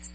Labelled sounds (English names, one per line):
American Redstart flight call